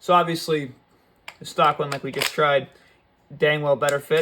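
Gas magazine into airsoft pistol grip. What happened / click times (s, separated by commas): Handled, not yet home: the magazine has not seated / none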